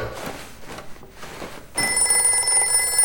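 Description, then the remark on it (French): A telephone starts ringing abruptly partway through, a loud, steady electronic ring with bright high tones that continues to the end, following a stretch of muffled low background noise. “je vais peut-être débrancher ce téléphone”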